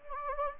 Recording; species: mosquito wingbeat signal from an infrared sensor; Anopheles gambiae